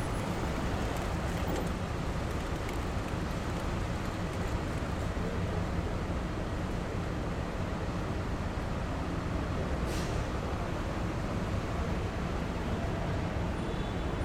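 A busy city street hums with a steady, dense roar of passing traffic, faint voices underneath and a brief bright hiss near ten seconds.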